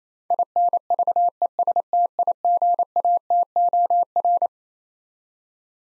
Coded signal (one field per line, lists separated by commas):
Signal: Morse code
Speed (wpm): 28 wpm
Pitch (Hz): 700 Hz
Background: none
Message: INVESTIGATOR